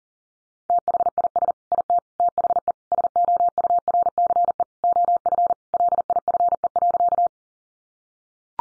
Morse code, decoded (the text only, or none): THIS IT THE SOURCE OF LIFE.